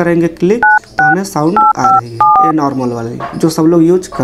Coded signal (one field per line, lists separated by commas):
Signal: DTMF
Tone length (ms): 180 ms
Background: speech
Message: 968574